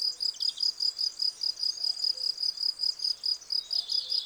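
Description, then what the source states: Field cricket song of evenly spaced, shrill high-pitched chirps in a fast, steady rhythm. Several crickets singing in a garden lawn, Val Maravel, 18 April 2020, for three days; freshly new wings give clear stridulation; Nagra Seven, cardioid MKH40 microphone.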